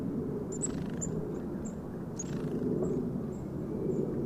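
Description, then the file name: Eurasian blue tit giving a series of thin, very high-pitched short call notes, spaced throughout, over a steady low rumble. "Cyanistes caeruleus"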